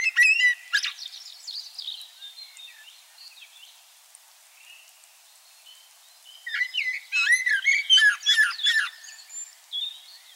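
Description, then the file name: Common blackbird song: a loud burst of high twittering notes, a quieter stretch of soft warbling, then another run of sharp squeaky twitters mixed with fluty notes. "Turdus merula"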